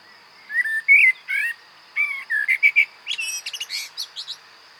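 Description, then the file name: Common blackbird singing low, rich fluted phrases that tumble into a fast, high, chattering twitter, with a thin steady whine in the background. "Turdus merula"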